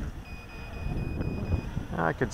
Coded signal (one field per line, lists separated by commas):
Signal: none